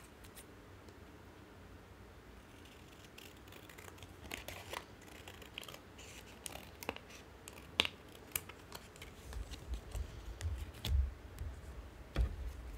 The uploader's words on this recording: Tarot Card Edging. ASMR soundscape triggers include card shuffling and cutting sounds.